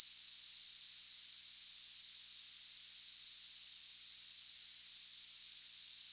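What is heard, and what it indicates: Simulated tinnitus: a steady, continuous high-pitched tone near 4.5 kHz over a faint high-frequency hiss, unchanging in level throughout, with no low-frequency content.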